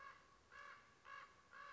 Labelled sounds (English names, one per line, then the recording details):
Common Raven
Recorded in Sonoma County, California